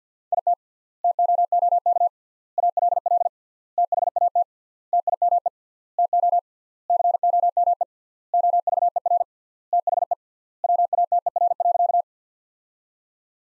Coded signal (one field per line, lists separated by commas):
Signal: Morse code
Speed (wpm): 48 wpm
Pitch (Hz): 700 Hz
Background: none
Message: IT TOOK ALL THAT TIME TO COME OVER THE WATER.